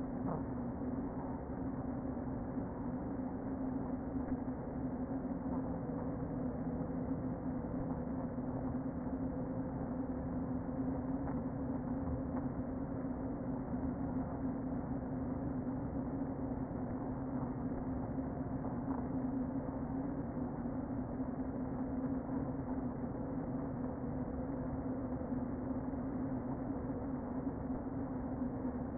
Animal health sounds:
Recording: honeybee colony, microphone inside the hive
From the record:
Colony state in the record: queen present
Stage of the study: before two queens were removed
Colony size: about 60,000 bees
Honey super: yes

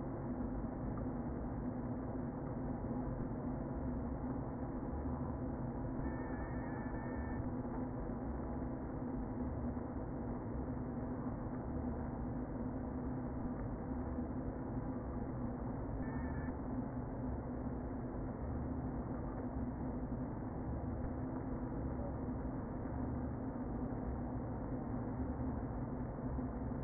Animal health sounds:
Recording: honeybee colony, microphone inside the hive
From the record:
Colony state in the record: queen present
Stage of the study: before two queens were removed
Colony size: about 60,000 bees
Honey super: yes

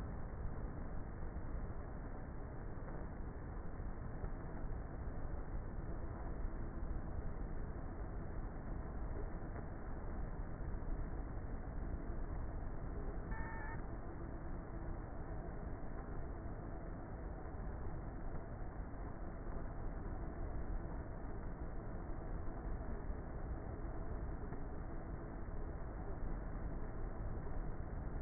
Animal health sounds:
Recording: honeybee colony, microphone inside the hive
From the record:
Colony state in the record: queenless with a low population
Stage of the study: before two queens were removed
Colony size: about 30,000 bees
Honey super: no

